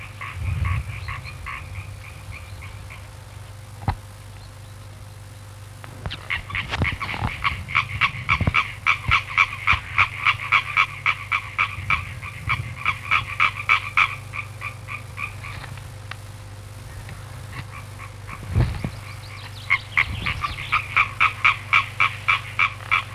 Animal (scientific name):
Hyla arborea